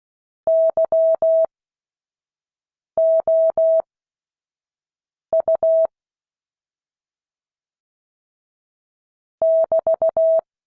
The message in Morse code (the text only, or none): YOU <BT>